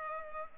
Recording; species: mosquito wingbeat signal from an infrared sensor; Culex pipiens